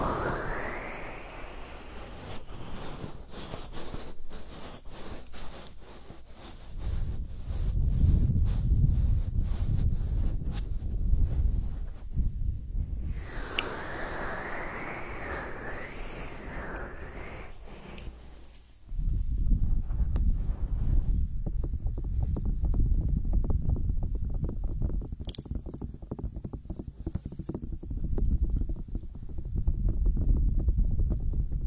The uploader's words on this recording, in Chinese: 手部按摩3（声控助眠）。